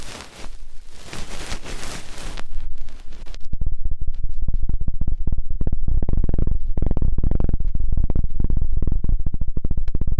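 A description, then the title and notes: Ear cleaning begins with three seconds of loud crackling hiss, then turns into rapid, dense scraping and popping bursts that continue steadily to the end. ASMR Intense Electrifying Ear Cleaning (No Talking).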